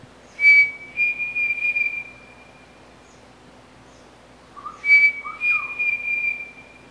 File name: canto do peixe frito pavonino